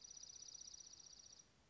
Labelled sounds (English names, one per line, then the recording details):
Dark-eyed Junco
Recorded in Sonoma County, California